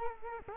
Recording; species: mosquito wingbeat signal from an infrared sensor; Culex quinquefasciatus